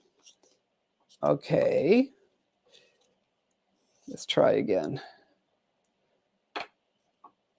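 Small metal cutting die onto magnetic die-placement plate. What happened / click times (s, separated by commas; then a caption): Small metal part handled, not yet seated / none. A small metal cutting die is being handled and rotated over a magnetic die-placement plate to line it up. Someone talks, and a few soft taps and rustles follow. Nothing has seated or clicked onto the magnets yet.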